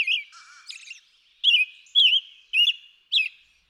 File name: American Robin